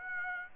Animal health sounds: mosquito wingbeat signal from an infrared sensor; Aedes aegypti

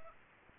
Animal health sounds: mosquito wingbeat signal from an infrared sensor; Aedes aegypti

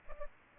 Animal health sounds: mosquito wingbeat signal from an infrared sensor; Culex pipiens

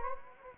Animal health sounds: mosquito wingbeat signal from an infrared sensor; Anopheles gambiae

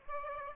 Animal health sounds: mosquito wingbeat signal from an infrared sensor; Aedes aegypti

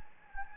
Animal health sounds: mosquito wingbeat signal from an infrared sensor; Anopheles gambiae

